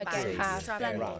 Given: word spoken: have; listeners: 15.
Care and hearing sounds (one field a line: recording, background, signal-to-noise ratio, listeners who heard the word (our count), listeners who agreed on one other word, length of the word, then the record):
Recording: one English word in noise, from a listening test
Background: four-talker babble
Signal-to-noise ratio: -2.3 dB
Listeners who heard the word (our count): 1 of 15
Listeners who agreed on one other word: 6 of 15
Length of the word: 0.80 s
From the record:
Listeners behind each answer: 6, 3, 2, 1, 1, 1, 1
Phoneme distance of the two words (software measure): 51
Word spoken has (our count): 1 syllable, 3 phonemes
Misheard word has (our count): 2 syllables, 6 phonemes, stress on syllable 2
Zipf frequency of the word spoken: 6.90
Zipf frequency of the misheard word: 5.53